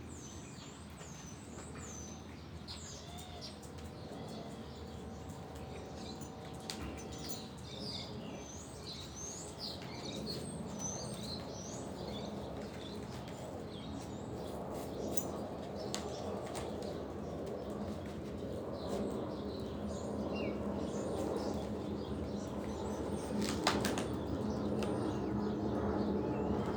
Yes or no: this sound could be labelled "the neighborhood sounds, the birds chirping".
yes